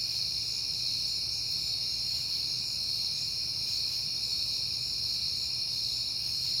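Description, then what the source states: An even, ringing cricket chorus with no pauses, over a faint low hum. Recorded on a peaceful September night.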